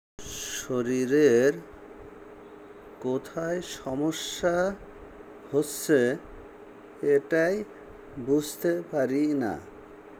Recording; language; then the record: elicited speech; Bengali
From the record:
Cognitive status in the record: dementia